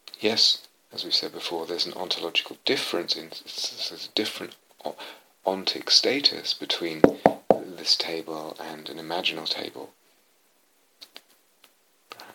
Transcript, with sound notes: Yes, as we've said before, there's an ontological difference. There's a different ontic status between [knocks on table] this table and an imaginal table, perhaps.